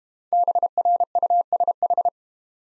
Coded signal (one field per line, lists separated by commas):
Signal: Morse code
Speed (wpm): 32 wpm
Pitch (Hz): 700 Hz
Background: none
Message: BRUSH